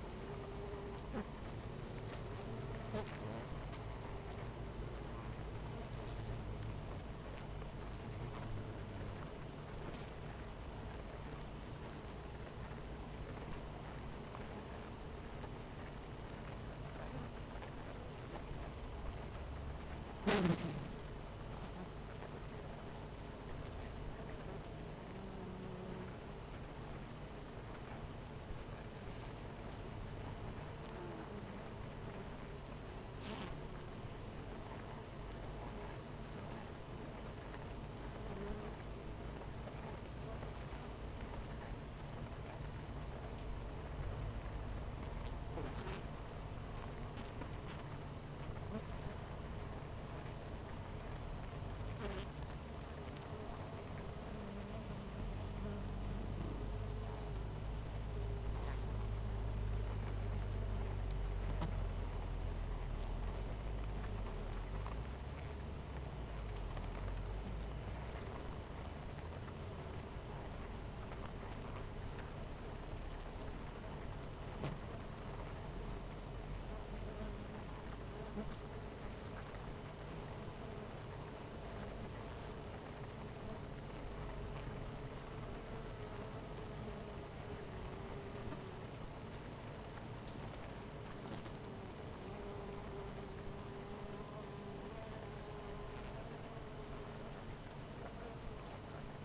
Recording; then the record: honeybee colony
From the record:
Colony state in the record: missing queen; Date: 14 July 2017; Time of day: 10:11